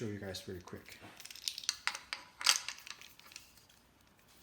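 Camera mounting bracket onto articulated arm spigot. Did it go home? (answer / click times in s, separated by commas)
yes / 1.5 s, 1.7 s, 1.9 s, 2.1 s, 2.5 s, 2.6 s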